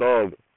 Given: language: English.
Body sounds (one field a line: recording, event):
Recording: throat vibration sensor signal played as sound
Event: speech